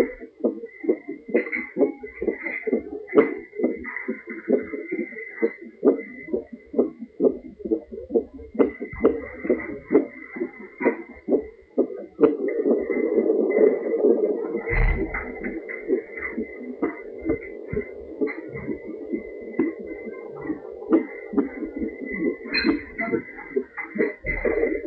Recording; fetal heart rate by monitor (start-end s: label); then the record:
fetal heart sounds by stethoscope on the mother's abdomen
0.00-10.00 s: 138 bpm
10.00-20.00 s: 135 bpm
20.00-24.87 s: 127 bpm
From the record:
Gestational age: 36 weeks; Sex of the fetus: boy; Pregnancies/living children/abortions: 2/1/0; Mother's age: 34 years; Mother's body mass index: 25.2